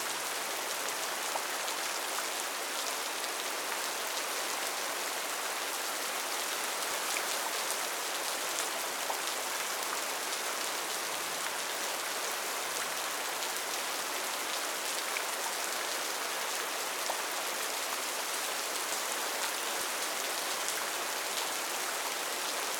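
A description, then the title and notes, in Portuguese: Fresh rain falls in a forest, a steady, dense hiss of countless drops with no pauses across the whole stretch. The sound sits bright and airy, with little low rumble, and the level holds even throughout, broken only by faint scattered pattering of nearer drops. Chuva fresca na floresta.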